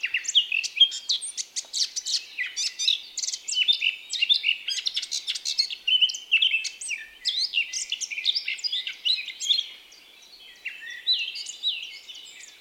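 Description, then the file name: Eurasian blackcap song: dense, jumbled warbling full of quick chirps and whistles, growing softer and sparser toward the end. "Sylvia atricapilla"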